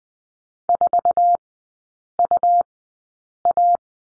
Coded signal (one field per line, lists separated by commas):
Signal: Morse code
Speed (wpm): 20 wpm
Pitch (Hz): 700 Hz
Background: none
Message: 4UA